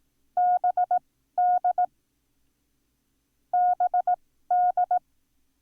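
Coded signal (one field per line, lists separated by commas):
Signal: Morse code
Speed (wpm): 18 wpm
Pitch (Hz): 720 Hz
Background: none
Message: BDBD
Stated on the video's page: Morse code lesson introducing the letters B, Z and V.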